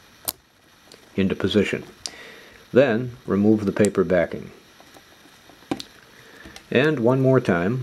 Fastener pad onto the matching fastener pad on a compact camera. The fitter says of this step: it nice and square and neat and when you push it you'll hear it click into position